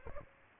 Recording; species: mosquito wingbeat signal from an infrared sensor; Aedes albopictus